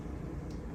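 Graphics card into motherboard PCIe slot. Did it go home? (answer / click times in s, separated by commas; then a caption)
no / none. A graphics card is being handled and pushed back toward a motherboard PCIe slot, but it has not seated and the slot latch has not clicked yet. Only a steady low rumble with broadband noise is heard, with no sharp transients.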